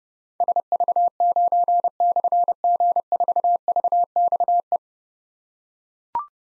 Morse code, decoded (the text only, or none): SV9/G4VXE